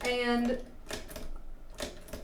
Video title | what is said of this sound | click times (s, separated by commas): Easy Easter Craft With Your Cricut - 3D Paper Bunny Treat Holder! | it's not going to make a little click noise for me, but it's in there. | none